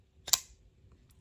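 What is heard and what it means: An Ameight Gladiator folding knife blade is flipped open on ceramic bearings, giving a brief rushing swish that ends in a sharp, bright snap at 0.3 s as the blade locks open into its liner lock in the handle. A faint tick follows near 1.1 s, and the deployment is snappy and fully locked up.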